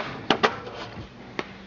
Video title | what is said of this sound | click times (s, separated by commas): TUTO [FR] Comment brancher sa XBOX 360 + Comparatif cable HD et HDMI | Voilà, dès que vous entendez le petit clic, c'est que c'est bon. | 0.3 s